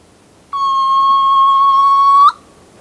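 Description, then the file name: Soft-plumaged petrel giving a long, steady whistle held for nearly two seconds, ending in a brief upward flick; otherwise quiet. "Soft plumaged Petrel Pterodroma mollis"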